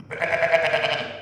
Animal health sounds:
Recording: contact call of a hoofed animal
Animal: sheep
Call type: low-frequency (closed-mouth) or high-frequency (open-mouth) call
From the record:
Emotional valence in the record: positive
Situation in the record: reunion with pen mate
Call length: 1.22 s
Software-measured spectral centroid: 2060 Hz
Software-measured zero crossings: 2560 a second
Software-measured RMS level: -23 dBFS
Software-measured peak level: -5 dBFS

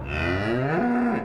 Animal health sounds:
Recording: contact call of a hoofed animal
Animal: cattle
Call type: low-frequency (closed-mouth) or high-frequency (open-mouth) call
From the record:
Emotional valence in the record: negative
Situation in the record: full separation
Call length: 1.25 s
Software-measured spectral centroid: 1330 Hz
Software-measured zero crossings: 1320 a second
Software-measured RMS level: -24 dBFS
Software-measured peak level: -13 dBFS

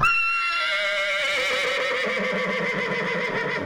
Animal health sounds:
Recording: contact call of a hoofed animal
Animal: horse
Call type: whinny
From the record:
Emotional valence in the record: negative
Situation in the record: group separation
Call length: 3.7 s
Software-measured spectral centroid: 2570 Hz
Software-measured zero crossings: 3590 a second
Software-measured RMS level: -24 dBFS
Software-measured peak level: -11 dBFS

